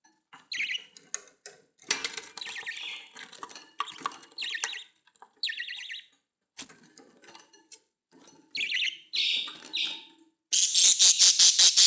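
Budgerigar chatter of squeaks and buzzy chirps, ending in a loud rapid pulsed squawk.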